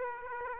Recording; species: mosquito wingbeat signal from an infrared sensor; Aedes aegypti